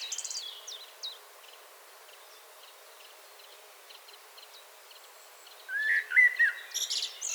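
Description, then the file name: Common blackbird song: one low fluted warble near the end ending in a squeaky twitter, after a stretch of steady, faint high ticking from another small caller. "Turdus merula 181122"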